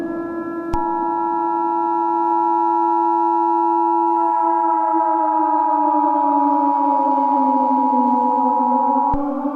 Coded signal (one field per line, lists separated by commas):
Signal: Emergency Alert System (SAME) tones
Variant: 853 and 960 Hz attention tone